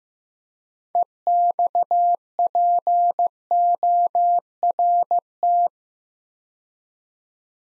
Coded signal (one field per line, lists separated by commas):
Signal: Morse code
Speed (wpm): 15 wpm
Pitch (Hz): 700 Hz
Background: none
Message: EXPORT